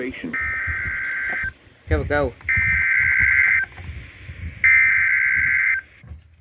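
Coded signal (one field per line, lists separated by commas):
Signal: Emergency Alert System (SAME) tones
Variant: header bursts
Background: speech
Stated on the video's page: Severe thunderstorm warning received on NOAA Weather Radio station.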